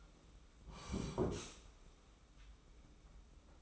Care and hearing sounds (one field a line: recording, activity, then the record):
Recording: daily activity, microphone in the room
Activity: sit down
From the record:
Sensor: 1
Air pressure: 991.7 hPa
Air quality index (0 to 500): 158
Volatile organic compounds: 1000 ppm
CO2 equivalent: 5899 ppm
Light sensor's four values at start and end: 30/100/39/40 and 31/103/40/41